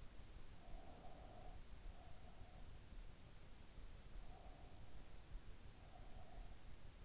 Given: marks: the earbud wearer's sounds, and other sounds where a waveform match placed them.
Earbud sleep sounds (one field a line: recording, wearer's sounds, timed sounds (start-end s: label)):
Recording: sounds in sleep by an in-ear microphone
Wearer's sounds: breath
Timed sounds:
0.38-2.98 s: breath
4.12-6.94 s: breath